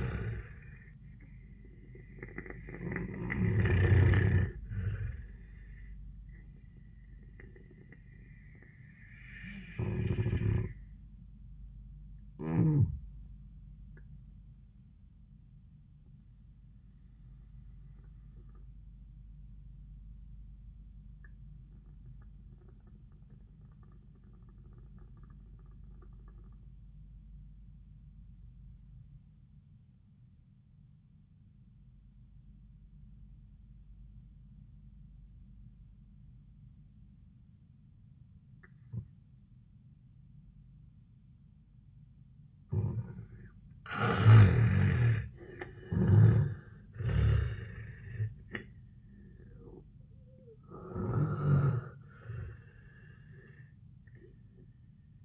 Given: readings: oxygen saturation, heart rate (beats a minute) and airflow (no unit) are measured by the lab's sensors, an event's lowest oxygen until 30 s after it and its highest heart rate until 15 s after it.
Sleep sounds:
breathing in sleep by a smartphone at the bedside; 1
19.00-43.60 s: obstructive apnea (N1, oxygen 98% highest, then 78% lowest, heart rate 85 at the start, 91 highest)
29.00-55.25 s: new sleep stage, N2 (light sleep)
From the record:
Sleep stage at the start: N1 (lightest sleep); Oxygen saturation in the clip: 77 to 98%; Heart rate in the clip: 75 to 93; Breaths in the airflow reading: 6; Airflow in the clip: -14.6 to 8.9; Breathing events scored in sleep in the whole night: 400 in 8.7 hours asleep

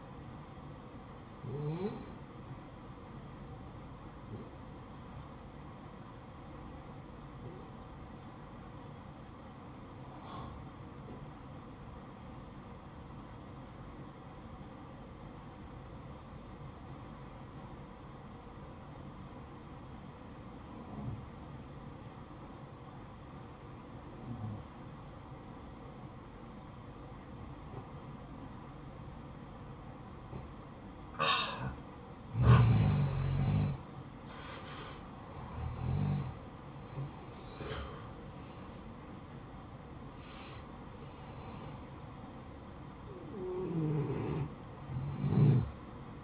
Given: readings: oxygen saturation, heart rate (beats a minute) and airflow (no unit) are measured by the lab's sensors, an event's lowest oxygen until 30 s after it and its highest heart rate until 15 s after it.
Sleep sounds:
breathing in sleep by a smartphone at the bedside; 1
8.00-28.60 s: obstructive apnea (N1, oxygen 94% highest, then 89% lowest, heart rate 53 at the start, 70 highest)
From the record:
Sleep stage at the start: N1 (lightest sleep); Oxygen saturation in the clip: 87 to 94%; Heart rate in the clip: 51 to 74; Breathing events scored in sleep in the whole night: 573 in 9.8 hours asleep

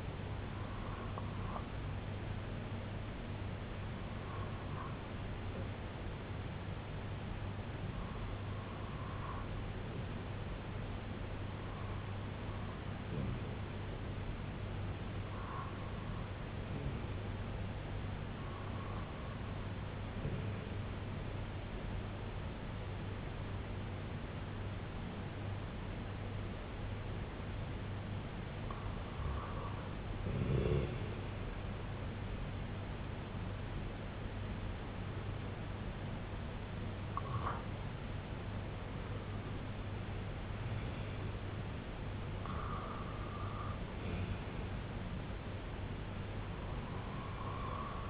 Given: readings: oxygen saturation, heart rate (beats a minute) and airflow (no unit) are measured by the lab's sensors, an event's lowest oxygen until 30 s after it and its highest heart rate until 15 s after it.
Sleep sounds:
breathing in sleep by a voice recorder at the bedside; 1
4.00-19.60 s: hypopnea (REM, oxygen 97% highest, then 93% lowest, heart rate 63 at the start, 73 highest)
From the record:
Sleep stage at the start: REM sleep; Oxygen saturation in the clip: 93 to 97%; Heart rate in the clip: 59 to 78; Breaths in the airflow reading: 11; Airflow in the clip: -11.6 to 6.3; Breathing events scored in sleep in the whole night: 258 in 7.4 hours asleep

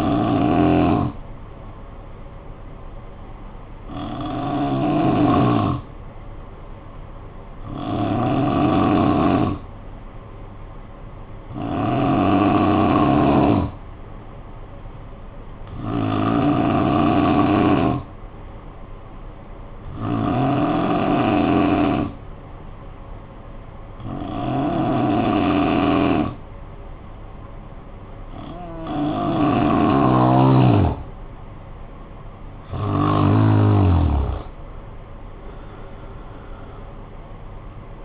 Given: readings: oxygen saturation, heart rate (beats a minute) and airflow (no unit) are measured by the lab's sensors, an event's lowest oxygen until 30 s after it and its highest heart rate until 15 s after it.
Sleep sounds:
breathing in sleep by a smartphone at the bedside; 1
5.00-31.40 s: hypopnea (N3, oxygen 93% highest, then 89% lowest, heart rate 50 at the start, 67 highest)
From the record:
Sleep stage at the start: N3 (deep sleep); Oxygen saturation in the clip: 89 to 93%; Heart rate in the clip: 50 to 67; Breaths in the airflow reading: 9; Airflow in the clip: -11.4 to 8.4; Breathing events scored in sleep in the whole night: 445 in 7.6 hours asleep

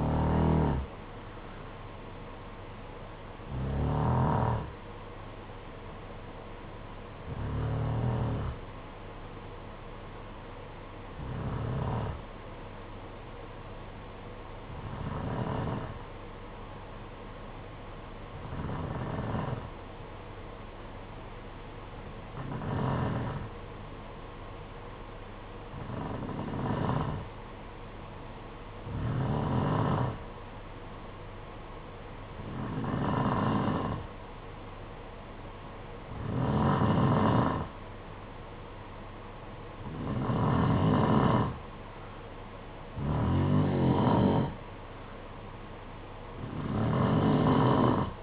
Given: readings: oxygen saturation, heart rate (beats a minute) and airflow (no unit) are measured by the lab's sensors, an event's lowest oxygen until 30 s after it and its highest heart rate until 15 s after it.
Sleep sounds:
breathing in sleep by a voice recorder at the bedside; 1
10.00-35.00 s: hypopnea (N1, oxygen 95% highest, then 90% lowest, heart rate 53 at the start, 62 highest)
25.00-48.23 s: new sleep stage, N2 (light sleep)
From the record:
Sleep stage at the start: N1 (lightest sleep); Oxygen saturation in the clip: 88 to 95%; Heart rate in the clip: 53 to 61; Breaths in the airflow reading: 14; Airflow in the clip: -5.2 to 3.4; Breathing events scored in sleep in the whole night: 476 in 9.7 hours asleep

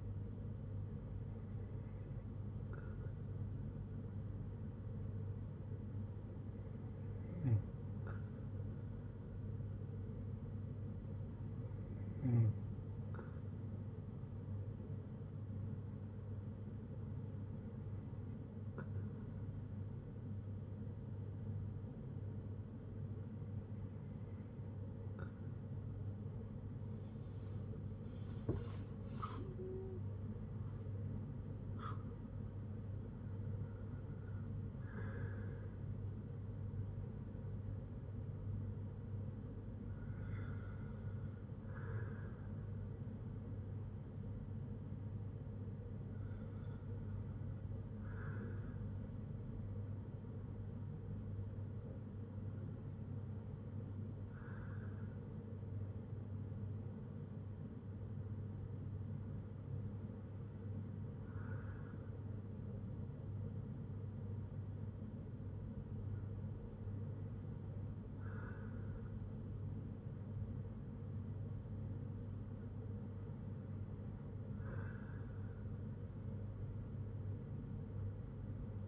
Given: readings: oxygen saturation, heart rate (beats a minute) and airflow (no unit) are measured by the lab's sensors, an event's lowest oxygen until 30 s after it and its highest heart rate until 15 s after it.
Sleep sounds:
breathing in sleep by a smartphone at the bedside; none
24.00-54.00 s: new sleep stage, N1 (lightest sleep)
54.00-78.88 s: new sleep stage, N2 (light sleep)
From the record:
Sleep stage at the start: N2 (light sleep); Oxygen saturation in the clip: 94 to 95%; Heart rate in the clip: 55 to 80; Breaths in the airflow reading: 13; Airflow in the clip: -5.4 to 6.6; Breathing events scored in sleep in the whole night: 182 in 7.4 hours asleep

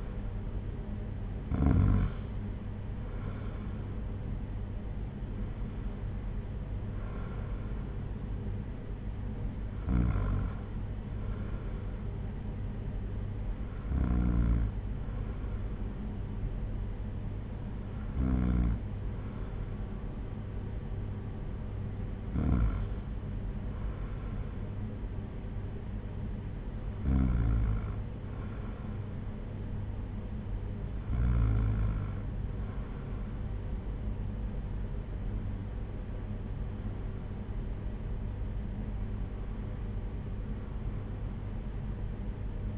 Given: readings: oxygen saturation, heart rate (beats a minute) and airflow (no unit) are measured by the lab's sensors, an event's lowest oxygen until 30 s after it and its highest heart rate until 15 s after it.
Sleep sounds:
breathing in sleep by a smartphone at the bedside; none
none scored
From the record:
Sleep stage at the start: N2 (light sleep); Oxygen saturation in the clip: 94 to 95%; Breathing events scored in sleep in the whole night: 226 in 8.8 hours asleep

